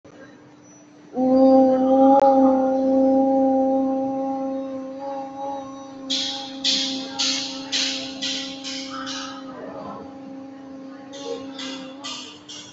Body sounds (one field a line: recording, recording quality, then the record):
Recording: sustained vowel as in boot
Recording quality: moderate, slight background noise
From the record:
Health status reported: recovered from COVID-19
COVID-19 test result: positive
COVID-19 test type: RT-PCR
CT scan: not taken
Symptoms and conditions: another condition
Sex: female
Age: 19 years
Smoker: no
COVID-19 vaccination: one dose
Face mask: worn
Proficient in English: yes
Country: India